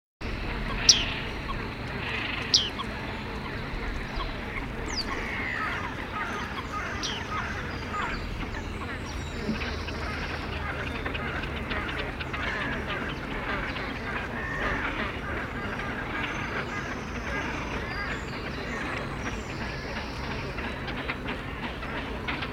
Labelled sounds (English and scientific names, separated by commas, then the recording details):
Bearded Reedling (Panurus biarmicus) call
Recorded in the wild
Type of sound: call
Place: Schwerin, Schweriner Innensee, Mecklenburg-Vorpommern, DE
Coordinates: 53.683, 11.46
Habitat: lake
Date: 1975-05-09 03:30
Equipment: Nagra III BH, Sennheiser MD 21, parabola
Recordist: Schubert, Michael
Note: Bartmeisen-Rufe